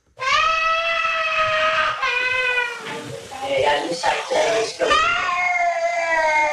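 small child crying

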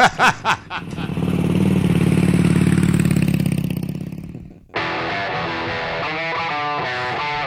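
motorcycle engine revving

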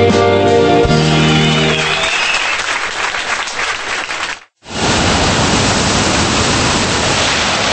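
rushing water

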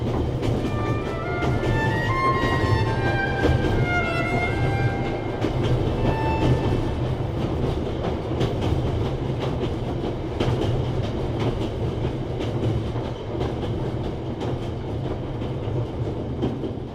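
train riding on rails

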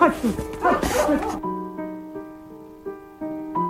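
dog barking

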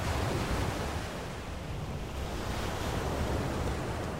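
ocean waves

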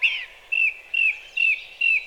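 song thrush singing

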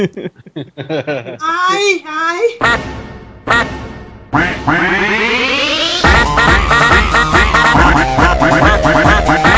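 duck quacking

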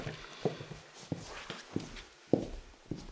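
horse hooves clip-clopping

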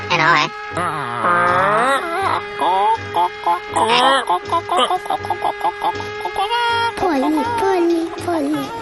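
chickens clucking

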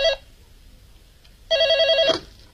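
telephone ringing

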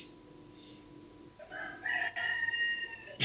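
rooster crowing

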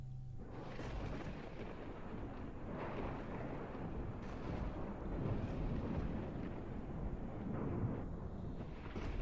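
rumbling thunder sound effect

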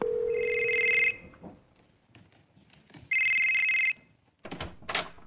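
phone ringing

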